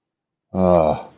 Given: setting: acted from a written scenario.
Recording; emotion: vocal sound without words; confusion